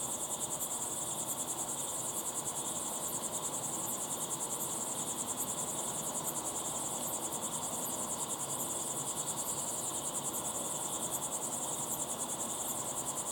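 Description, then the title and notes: Steady cricket chirping, a rapid pulsed high-pitched trill with periodic brighter chirps, over a soft constant hiss. Crickets chirping at sunset in the Timanfaya pyroclastic desert, Lanzarote; recorded in the field with ambisonic equipment, converted to binaural audio. "Be still and listen to the crickets at sunset in the incredible Timanfaya pyroclastic desert on the island of Lanzarote. Enjoy the calm desert sounds of chirping crickets"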